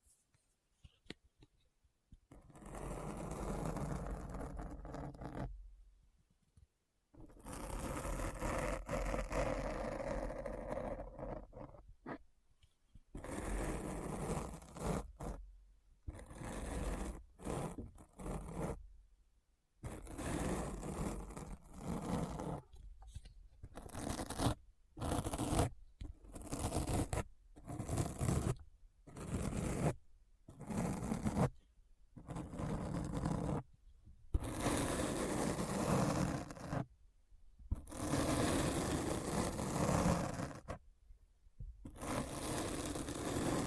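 Deep scratching in bursts, long rasping strokes early, then shorter choppy scrapes separated by brief silences, steady and gritty throughout.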